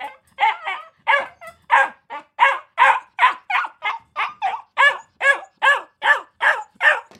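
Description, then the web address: Akita puppy barking steadily with a quick series of high, arched yaps. Akita puppy barking in a cage kennel. "Blastwave ANIMALS Dog Akita Puppy"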